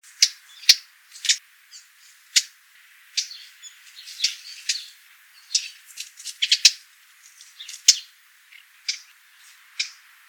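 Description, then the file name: Eurasian blackcap giving hard, clicking tack notes, irregularly repeated, some in quick clusters and others more widely spaced. "Sylvia atricapilla"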